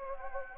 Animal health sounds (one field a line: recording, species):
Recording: mosquito wingbeat signal from an infrared sensor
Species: Anopheles gambiae